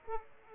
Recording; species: mosquito wingbeat signal from an infrared sensor; Aedes aegypti